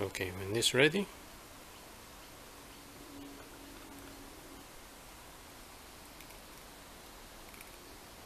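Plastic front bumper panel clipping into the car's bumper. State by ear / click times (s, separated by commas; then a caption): not seated / none. A modified plastic front bumper panel, prepared for a daytime running light on a Honda Fit/Jazz GE8, is handled near the car's bumper while someone talks briefly at the start. After that there is only a low, steady background with a couple of faint brief sounds near the end. The panel has not been pressed home yet, so nothing has seated or clicked.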